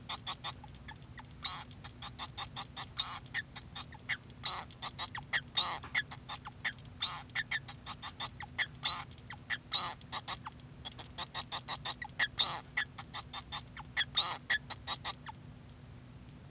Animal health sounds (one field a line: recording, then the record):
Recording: song of a male Bengalese finch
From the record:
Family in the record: son of father 2